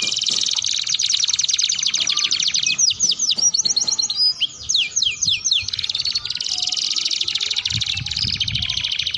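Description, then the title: Atlantic canary song, a sustained rapid high trill broken by a run of swept chirps, then the dense rolling trill resumes. Belgian canary song played to warm up and stimulate other canaries into singing and to serve as a tutor song for young canaries. "Canto Para Esquentar Canário Belga. Suara Pancingan Kenari Gacor || Untuk Masteran Kenari Paud"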